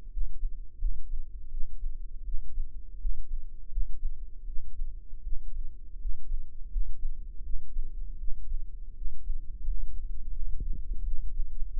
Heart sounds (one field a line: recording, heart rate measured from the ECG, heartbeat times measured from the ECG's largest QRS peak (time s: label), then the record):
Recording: heart sounds by microphone in the right ear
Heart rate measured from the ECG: 83 bpm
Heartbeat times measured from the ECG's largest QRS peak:
0.09 s: heartbeat
0.76 s: heartbeat
1.49 s: heartbeat
2.23 s: heartbeat
2.97 s: heartbeat
3.68 s: heartbeat
4.44 s: heartbeat
5.21 s: heartbeat
5.97 s: heartbeat
6.68 s: heartbeat
7.41 s: heartbeat
8.17 s: heartbeat
8.92 s: heartbeat
9.62 s: heartbeat
10.32 s: heartbeat
11.02 s: heartbeat
11.69 s: heartbeat
From the record:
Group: healthy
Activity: rest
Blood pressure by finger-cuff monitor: 143/136 mmHg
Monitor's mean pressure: 140 mmHg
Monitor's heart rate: 91 bpm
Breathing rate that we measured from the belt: 20 breaths a minute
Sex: male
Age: 21 years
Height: 180 cm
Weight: 67.5 kg